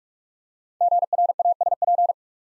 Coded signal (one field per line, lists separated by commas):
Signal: Morse code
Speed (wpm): 44 wpm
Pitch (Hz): 700 Hz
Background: none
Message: GRASP